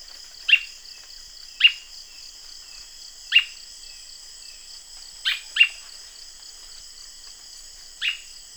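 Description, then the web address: Bird calls, six short sharp notes at uneven gaps, over a steady high insect buzz. "BIRD 2015 SABIOD"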